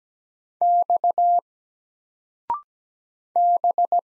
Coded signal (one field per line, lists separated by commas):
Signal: Morse code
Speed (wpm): 17 wpm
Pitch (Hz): 700 Hz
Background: none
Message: X B